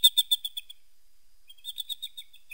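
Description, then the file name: Eagle calling: a quick run of about six sharp, high yelping notes, a short silent gap, then a second similar run that trails off. Eagle heard while hunting prey. "tieng dai bang san moi"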